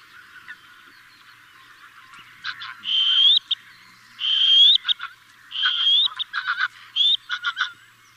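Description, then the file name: Little grebe calls: high drawn-out tones ending in a short upward flick, given in bursts with shorter clicky notes between them. "Svasso Piccolo"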